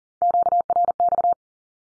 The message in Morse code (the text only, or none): QRX